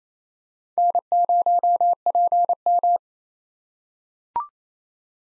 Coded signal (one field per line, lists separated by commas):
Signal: Morse code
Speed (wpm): 28 wpm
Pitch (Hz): 700 Hz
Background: none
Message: N0PM